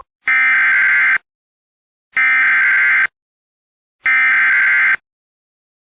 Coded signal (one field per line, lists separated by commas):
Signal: Emergency Alert System (SAME) tones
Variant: header bursts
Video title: Severe Thunderstorm Warning #EAS 28